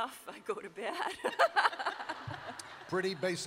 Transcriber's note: laughter